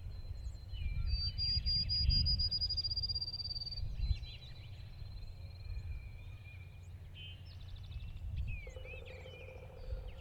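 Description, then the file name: Birds calling: a long high whistle early, then varied chirps and buzzy trills, with a lower buzzing note near the end and low rumble throughout. Field birds near a lake in early spring, 1 April 2017, recorded with an SD 702. "freesound Early Spring Field Birds"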